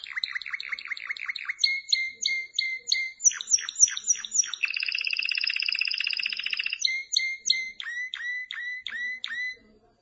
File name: Canary Sound